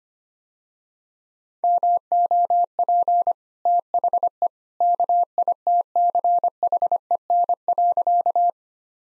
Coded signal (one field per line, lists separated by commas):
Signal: Morse code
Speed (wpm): 25 wpm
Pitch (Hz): 700 Hz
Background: none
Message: MOP THE KITCHEN.